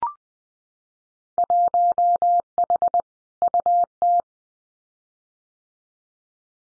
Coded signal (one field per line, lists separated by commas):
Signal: Morse code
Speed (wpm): 20 wpm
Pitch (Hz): 700 Hz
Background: none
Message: 1H UT